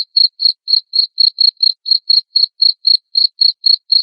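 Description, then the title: Cricket chirping: a steady run of high, clipped pulses, roughly four each second, evenly spaced and alone. Loud chirping of a cricket, played to stimulate lovebirds into continuous singing. "Suara JANGKRIK NGERIK Keras Bikin LOVEBIRD Jadi NGEKEK Terus Vubey"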